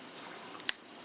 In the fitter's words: does it snap going this way? There we go.